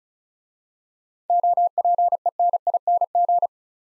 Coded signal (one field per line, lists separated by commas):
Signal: Morse code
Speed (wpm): 36 wpm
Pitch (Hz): 700 Hz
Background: none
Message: OPENING